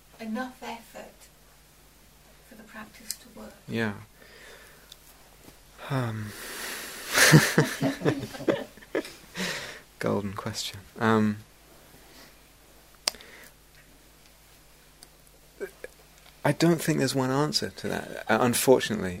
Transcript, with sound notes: enough effort for the practice to work?
Yeah. Um. [laughs] Golden question. I don't think there's one answer to that, unfortunately.